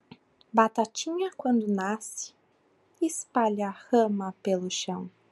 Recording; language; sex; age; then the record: short text; Brazilian Portuguese; female; 30 to 39 years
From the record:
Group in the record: control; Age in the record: 31 years